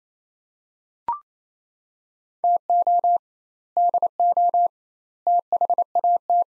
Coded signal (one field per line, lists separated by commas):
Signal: Morse code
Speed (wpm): 28 wpm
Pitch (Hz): 700 Hz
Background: none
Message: TO DO THAT